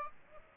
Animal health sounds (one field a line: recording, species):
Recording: mosquito wingbeat signal from an infrared sensor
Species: Aedes aegypti